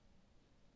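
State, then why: Not seated. An expansion card, either a 10Gb SFP+ network card or a USB bracket card, is handled over a motherboard PCIe slot before being pressed in. Only faint, low handling noise sits over a steady hiss, with no sharp hit. Nothing has seated or clicked yet.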